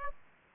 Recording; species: mosquito wingbeat signal from an infrared sensor; Aedes aegypti